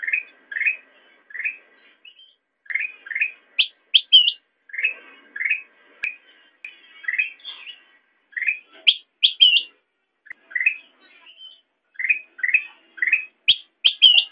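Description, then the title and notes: Sooty-headed bulbul calling with short rising chirps in small groups, alternating with higher, shrill double notes. Recording meant as a master track for training songbirds. "suara burung kutilang buat masteran"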